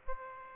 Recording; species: mosquito wingbeat signal from an infrared sensor; Aedes aegypti